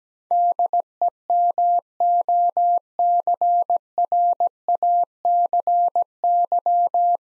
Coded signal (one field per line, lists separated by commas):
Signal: Morse code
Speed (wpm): 17 wpm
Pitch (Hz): 700 Hz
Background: none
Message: DEMOCRACY